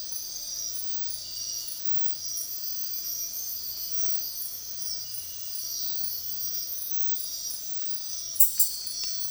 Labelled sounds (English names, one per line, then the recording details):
none
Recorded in dense forest near Puerto Asís, Putumayo, Colombia, on 13 March 2025 at 04:30
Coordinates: 0.503, -76.323
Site GP09